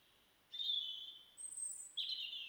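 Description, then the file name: European robin song: a sustained high, thin note, a higher brief phrase above, then another drawn-out high note. "Erithacus rubecula"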